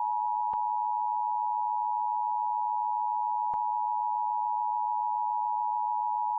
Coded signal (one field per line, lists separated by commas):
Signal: Emergency Alert System (SAME) tones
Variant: 853 and 960 Hz attention tone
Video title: EAS Tornado Warning During WordGirl (2021 WNPT-DT3)